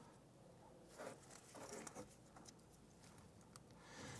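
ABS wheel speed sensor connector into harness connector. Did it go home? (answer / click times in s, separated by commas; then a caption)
yes / 3.6 s. The ABS front wheel speed sensor's electrical connector on a 2015-2020 Cadillac Escalade is aligned and pushed together into the harness connector. Plastic handling and rubbing sounds build up before a sharp, short snap at 3.6 s. The connector locks into place.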